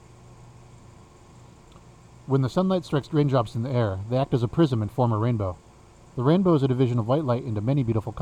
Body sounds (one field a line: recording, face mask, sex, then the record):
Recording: reading aloud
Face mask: surgical mask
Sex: male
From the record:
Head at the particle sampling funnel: facing it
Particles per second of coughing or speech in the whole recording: 0.235